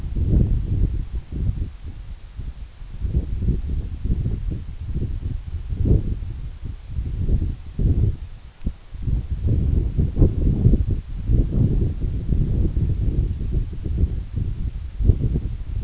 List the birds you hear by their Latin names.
none